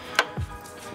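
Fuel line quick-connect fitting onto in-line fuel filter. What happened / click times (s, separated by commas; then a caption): The fuel line quick-connect clicked home onto the filter / 0.2 s. On a Cadillac STS, a fuel line quick-connect fitting is pushed onto a new in-line fuel filter, and its retaining clip gives a sharp, bright click at 0.2 s, followed by a softer low thump around 0.4 s. The fitting is seated on the filter.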